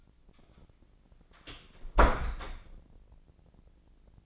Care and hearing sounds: daily activity, microphone in the room; close door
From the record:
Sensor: 5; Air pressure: 1009.3 hPa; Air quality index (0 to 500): 169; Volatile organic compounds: 2 ppm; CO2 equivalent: 1292 ppm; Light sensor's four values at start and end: 197/469/198/216 and 196/467/198/215

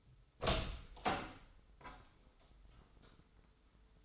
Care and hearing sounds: daily activity, microphone in the room; open door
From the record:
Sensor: 3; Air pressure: 996.1 hPa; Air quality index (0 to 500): 38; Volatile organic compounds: 1 ppm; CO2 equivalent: 670 ppm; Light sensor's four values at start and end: 14/33/14/14 and 14/34/14/14

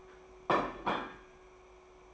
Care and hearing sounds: daily activity, microphone in the room; place plate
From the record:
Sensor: 1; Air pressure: 1004.3 hPa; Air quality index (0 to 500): 197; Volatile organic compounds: 18 ppm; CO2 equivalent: 2607 ppm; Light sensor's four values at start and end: 4/10/3/4 and 4/10/3/4

